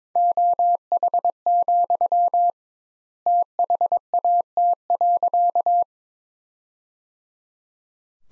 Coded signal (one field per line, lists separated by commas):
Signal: Morse code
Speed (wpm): 22 wpm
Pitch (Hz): 700 Hz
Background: none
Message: OH, THAT.